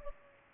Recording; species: mosquito wingbeat signal from an infrared sensor; Culex pipiens